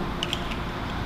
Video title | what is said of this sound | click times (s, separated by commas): How To Change Tundra Exterior Handles | can see how it lines up on this side and then it clicks in place on this side and you have a brand new color | 0.2 s, 0.3 s